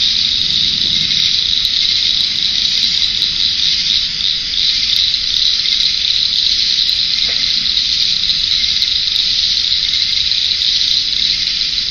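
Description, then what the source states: Cricket chorus, a continuous shrill trilling wall of sound without pauses. Near a pond in a forest wildlife management area.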